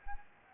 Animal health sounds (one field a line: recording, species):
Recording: mosquito wingbeat signal from an infrared sensor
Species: Anopheles gambiae